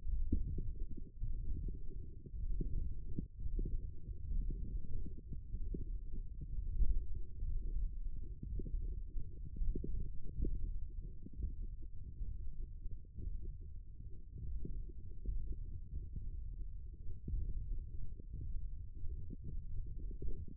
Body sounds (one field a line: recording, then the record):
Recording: forearm muscle sounds (acoustic myography)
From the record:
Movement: thumb flexion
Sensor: system 1, eight BSWA MPA416 microphones around the upper forearm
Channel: 7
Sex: male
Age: 21 years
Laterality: right